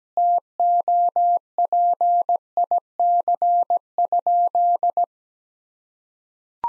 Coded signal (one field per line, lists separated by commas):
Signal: Morse code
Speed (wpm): 17 wpm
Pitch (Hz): 700 Hz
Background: none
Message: TOPIC?